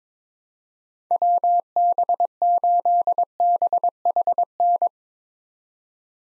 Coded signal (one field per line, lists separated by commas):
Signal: Morse code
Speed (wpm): 22 wpm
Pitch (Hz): 700 Hz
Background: none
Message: WB8BHN